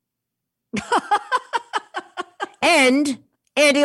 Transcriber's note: laughter